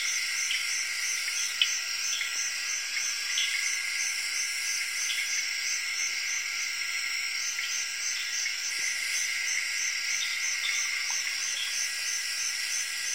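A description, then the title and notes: Tree frogs and crickets in a late evening jungle in Zaire keep up a steady, dense high chorus of overlapping trills and chirps. Brief brighter calls pop out every second or so, and a few faint low knocks sit beneath. Zaire, Tree Frogs and Crickets, Late Evening, Jungle.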